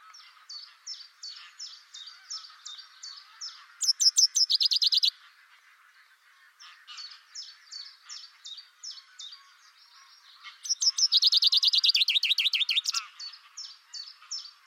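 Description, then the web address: Bird chirps repeat in a steady, soft series, broken twice by loud, fast, buzzy trills of rapid notes; the soft chirping continues between and after them. "cianscape birddata 2025 Bird Only Fr Co"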